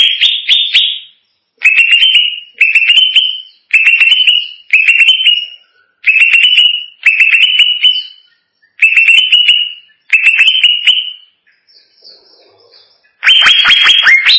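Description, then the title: Greater green leafbird: a steady series of short, buzzy, upward-sliding notes, with a gap and then a harsh burst at the end. "Cucak ijo"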